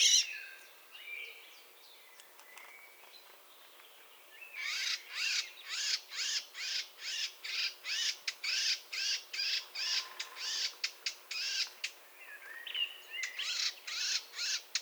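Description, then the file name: Eurasian blackcap making a long, fast run of scratchy, rasping calls, about two a second, after a few quieter whistled and buzzy notes at the start. "Sylvia atricapilla"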